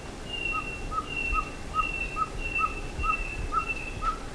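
Bird calls, short clipped notes repeated about every half second, alternating with higher drawn-out whistled tones.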